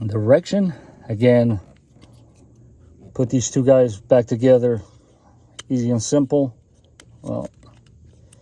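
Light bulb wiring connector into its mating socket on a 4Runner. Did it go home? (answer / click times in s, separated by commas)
no / none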